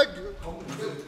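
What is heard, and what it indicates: A single abrupt, voiced shout of about one second from an adult man, with a sharp onset and a rising pitch at the end, against quiet street background. It is a simple vocal tic of Tourette syndrome: a sudden involuntary call, audible from far away. The shouting tics occur every day, and the main tic word is 'Heyo'.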